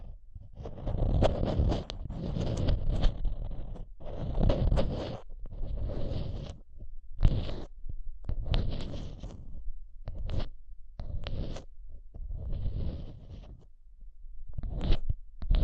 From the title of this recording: Intense Mic Tapping and Scratching Sounds